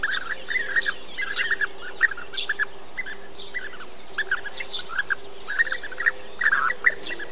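Bee-eater calls: a steady stream of throaty, trilled notes, with a faint steady hum behind.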